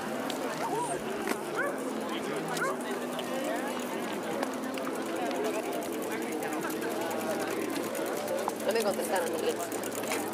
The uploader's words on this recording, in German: Diese Folge wurde auf der Tempelhofer Freiheit in Berlin aufgenommen. Hunderte Menschen gehen ihren Beschäftigungen nach. Vorbeiziehende spazierende Menschen geben kurze Gesprächsfetzen.